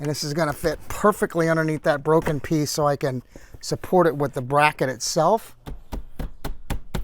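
A newly made wooden support bracket is tapped into place under a broken piece of a leather couch's armrest frame so it can support that piece. Someone talks for the first few seconds, then a series of sharp knocks lands at about 5.9, 6.2, 6.5, 6.7 and 7.0 seconds. Nothing has seated or clicked into place yet when the clip ends.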